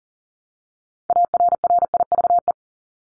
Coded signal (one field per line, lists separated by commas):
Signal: Morse code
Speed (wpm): 40 wpm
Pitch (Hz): 700 Hz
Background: none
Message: ARRIVE